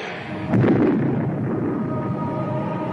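After a brief lead-in, a sudden loud explosive burst as an oversized hammer hurled by a woman hits a screen and the screen explodes, then a sustained, dense roaring rumble carries on steadily to the end, with no voices.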